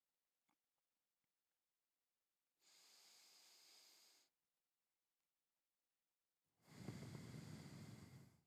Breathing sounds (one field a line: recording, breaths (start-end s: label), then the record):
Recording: nose breathing near a microphone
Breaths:
2.47-4.42 s: inhalation
6.37-8.47 s: exhalation
From the record:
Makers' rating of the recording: medium